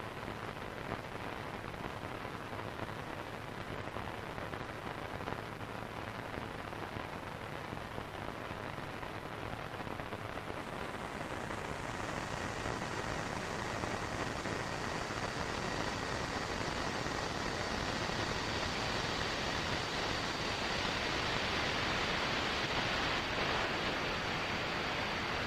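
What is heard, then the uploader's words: Radio interference fills the recording as a dense, steady hiss and crackle, like rain on a surface. Around eleven seconds it grows louder and brighter, and thin whining tones appear above the noise, holding steady through to the end. This episode of the White Noise Podcast is RADIO INTERFERENCE.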